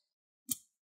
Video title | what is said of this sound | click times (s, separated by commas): How to Clean & Repaste Your Dell Inspiron 15 3505 Laptop - Easy Guide | on the front those are the clips that getting snapped into its place | 0.5 s